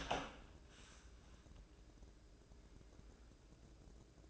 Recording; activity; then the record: daily activity, microphone in the room; open door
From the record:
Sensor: 2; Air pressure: 1012.2 hPa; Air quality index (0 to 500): 161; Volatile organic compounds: 2 ppm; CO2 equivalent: 1176 ppm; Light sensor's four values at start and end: 279/695/280/288 and 281/699/281/290